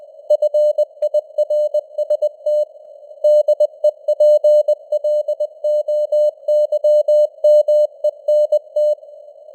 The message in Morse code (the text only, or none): FIRST DEPLOYMENT